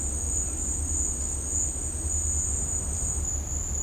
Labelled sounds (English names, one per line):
none